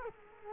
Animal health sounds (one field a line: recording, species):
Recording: mosquito wingbeat signal from an infrared sensor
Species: Culex quinquefasciatus